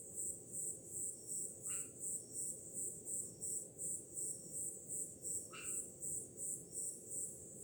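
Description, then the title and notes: Crickets chirping in a high, steady pulsed trill, about three pulses a second, over a low rushing wash of noise, with two brief sharp chirps from another creature. Summer night, with the sea in the background. "Som do mar ao fundo, grilos e cigarras em uma noite de verão – Ocean, crickets and cicadas in a summer night"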